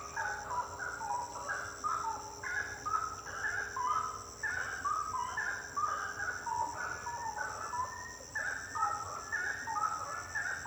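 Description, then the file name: Birds calling in a dense chorus of short, bubbling, mid-pitched notes overlapping continuously, with a steady high whine running throughout. Birds singing at night, intense song. "Passaros cantando a noite canto intenso"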